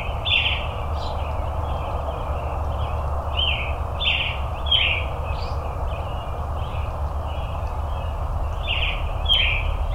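Robin singing short, bright, high notes in a quick uneven series, some with thin upward flicks, above a constant deep hum and broad background hiss.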